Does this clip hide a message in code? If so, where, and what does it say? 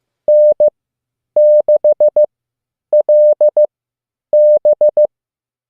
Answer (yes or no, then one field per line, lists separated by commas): yes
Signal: Morse code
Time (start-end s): 0.3-5.1 s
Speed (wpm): 15 wpm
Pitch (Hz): 600 Hz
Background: none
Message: N6LB